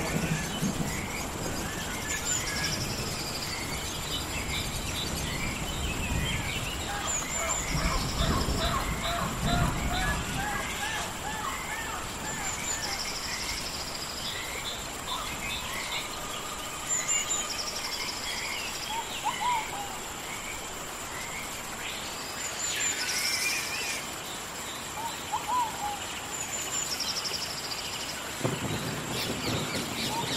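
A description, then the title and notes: A forest soundscape with rain hissing steadily throughout, full of birdsong: chirps, trills and short whistled calls repeating across the whole stretch. A high, thin insect-like tone runs continuously above. Deeper rumbling gusts surge around 8–10 seconds and again near 29 seconds. Planet Earth Rain | Relaxing Sounds in a forest. The sound of a rainstorm and earthly lifeforms in the forest.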